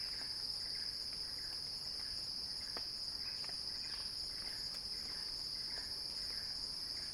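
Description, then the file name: Cicada buzz, a persistent shrill tone that never pauses, overlaid with faint repeated chirps and scattered sharp ticks. Cicada song rising in a crescendo. "earth-fm Axel-Drioli Cicada-Crescendo-Sounding-Wild"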